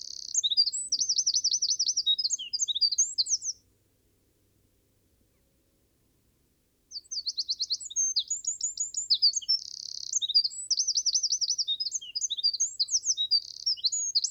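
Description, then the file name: Eurasian wren giving two long, shrill song phrases of rapid trills and rippling notes, separated by about three seconds of silence. "Troglodytes troglodytes"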